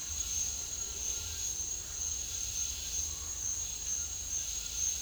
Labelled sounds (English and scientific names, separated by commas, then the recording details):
none
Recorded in dense forest near Puerto Asís, Putumayo, Colombia, on 22 December 2024 at 08:30
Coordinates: 0.484, -76.325
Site G056